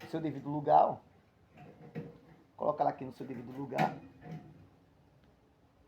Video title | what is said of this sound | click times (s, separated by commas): Forninho Britânia 50L que não está aquecendo. | Não encaixou, porque ela está muito aberta ainda. | none